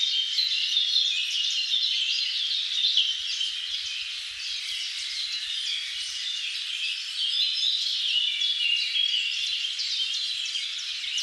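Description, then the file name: Many birds singing together in a dense chorus of high chirps, trills and whistles, continuous throughout with no single voice standing out. Many birds in a forest. "animals birds forest many"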